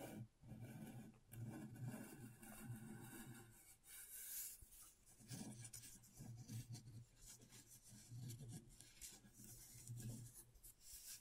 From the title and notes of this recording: ASMR Brain Tingling Scratchboard (No Talking).